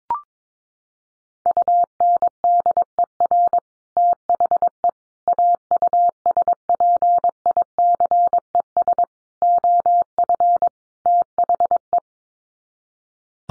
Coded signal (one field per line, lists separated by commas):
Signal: Morse code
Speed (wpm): 22 wpm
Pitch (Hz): 700 Hz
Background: none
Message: UNDER THE AUSPICES OF THE